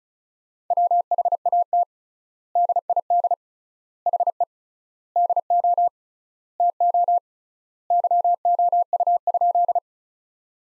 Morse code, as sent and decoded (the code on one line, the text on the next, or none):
.-- .... .- - / -.. .. -.. / .... . / -.. --- / - --- / -.-- --- ..- ..--..
WHAT DID HE DO TO YOU?